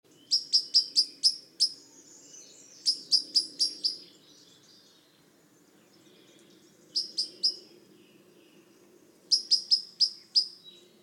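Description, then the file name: Common blackbird calling: four bursts of three to six sharp, high chinking notes in quick succession, with pauses between bursts over a faint low hum. "Turdus merula"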